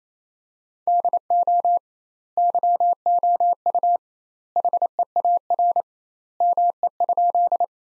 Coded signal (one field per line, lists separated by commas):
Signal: Morse code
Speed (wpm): 28 wpm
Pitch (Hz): 700 Hz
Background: none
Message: DO YOU HEAR ME?